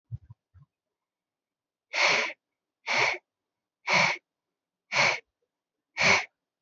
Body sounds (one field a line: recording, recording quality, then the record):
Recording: shallow breathing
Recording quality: excellent, no background noise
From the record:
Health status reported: healthy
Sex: female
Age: 25 years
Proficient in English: yes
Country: India